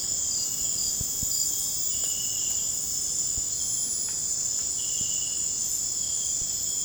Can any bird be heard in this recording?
no